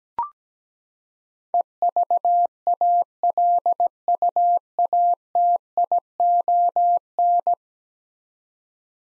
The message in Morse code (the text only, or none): EVALUATION